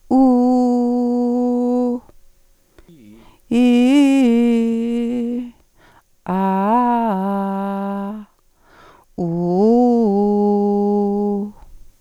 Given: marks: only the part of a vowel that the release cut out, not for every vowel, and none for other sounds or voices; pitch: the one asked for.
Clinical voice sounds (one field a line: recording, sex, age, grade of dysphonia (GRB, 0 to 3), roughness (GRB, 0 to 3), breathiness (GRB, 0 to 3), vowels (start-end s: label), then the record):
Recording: sustained vowels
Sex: female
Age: 40 to 49 years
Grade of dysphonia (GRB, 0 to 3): 0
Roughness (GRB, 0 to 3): 0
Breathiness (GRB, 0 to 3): 0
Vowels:
0.31-1.85 s: vowel /u/, high pitch
3.59-5.10 s: vowel /i/, low-high-low pitch
6.36-7.91 s: vowel /a/, low-high-low pitch
9.27-11.31 s: vowel /u/, low-high-low pitch
From the record:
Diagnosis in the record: dysphonia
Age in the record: 47 years